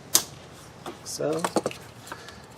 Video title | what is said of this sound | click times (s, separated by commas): 2005 - 10 Ford Mustang 4.0L V6 Thermostat housing fix | should just snap right in place like | 0.2 s